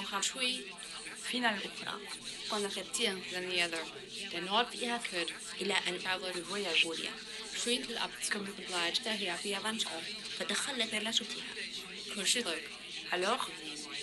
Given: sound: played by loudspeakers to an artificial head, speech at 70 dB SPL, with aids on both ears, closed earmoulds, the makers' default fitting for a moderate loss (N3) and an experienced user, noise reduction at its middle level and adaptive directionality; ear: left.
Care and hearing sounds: speech test signal (ISTS) in cocktail-party noise; 0 dB; in front (0 degrees)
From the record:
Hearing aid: class 1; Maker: E

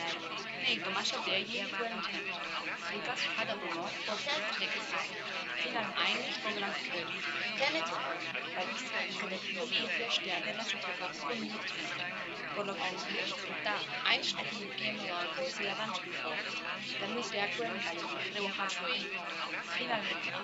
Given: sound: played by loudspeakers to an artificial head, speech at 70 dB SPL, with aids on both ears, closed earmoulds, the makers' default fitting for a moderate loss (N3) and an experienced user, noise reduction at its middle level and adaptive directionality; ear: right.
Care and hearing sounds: speech test signal (ISTS) in cocktail-party noise; -6 dB; in front (0 degrees)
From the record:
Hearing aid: class 1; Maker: F

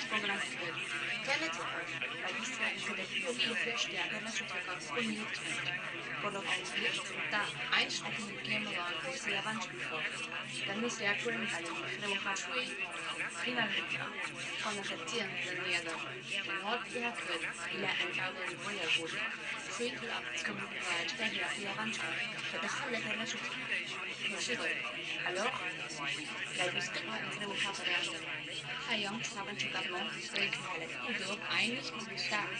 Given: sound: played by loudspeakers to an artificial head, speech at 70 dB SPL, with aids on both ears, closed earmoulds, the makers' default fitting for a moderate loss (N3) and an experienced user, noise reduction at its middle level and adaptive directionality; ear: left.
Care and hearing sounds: speech test signal (ISTS) in cocktail-party noise; 0 dB; on the right (90 degrees)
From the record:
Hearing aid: class 2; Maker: G

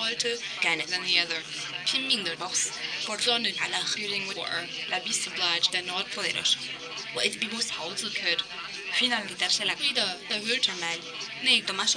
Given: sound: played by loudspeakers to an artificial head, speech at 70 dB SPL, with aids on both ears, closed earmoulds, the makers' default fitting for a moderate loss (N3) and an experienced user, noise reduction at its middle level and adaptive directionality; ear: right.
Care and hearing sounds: speech test signal (ISTS) in cocktail-party noise; +6 dB; in front (0 degrees)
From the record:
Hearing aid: class 2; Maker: A

